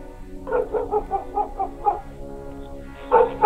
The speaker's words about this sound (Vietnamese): Con chó mực đang nằm lim dim bên cạnh quán lập tức nhảy chồm về phía Giang mà hậm hực sủa lên mấy tiếng